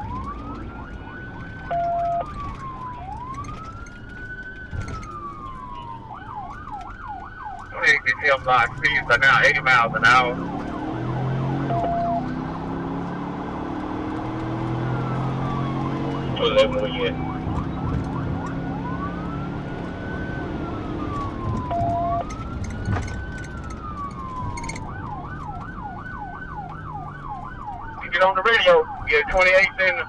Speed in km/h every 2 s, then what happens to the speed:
95, 77, 53, 45, 45, 76, 95, 118, 122, 135, 138, 77, 77, 48, 31.
0-5 brakes to 45. 5-20 speeds up to 138. 20-30 brakes to 31.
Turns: 4-9.